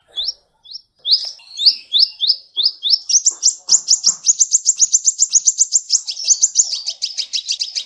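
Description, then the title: Sunbird chirping: a few spaced high chips that speed up into a long, rapid series of sharp notes. "kicau kolibri"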